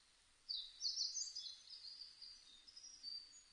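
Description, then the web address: Blue-and-white flycatcher song, one high warbled phrase of slurred whistles running about three seconds, over a soft steady hiss. Recorded on 1 May 2005. "2005 050501 ooruri"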